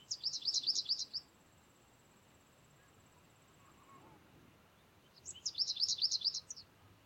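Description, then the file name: American Goldfinch utters two rapid bursts of high, buzzy chirps, each about a second long, separated by a quiet gap of several seconds. "Carduelis tristis - American Goldfinch"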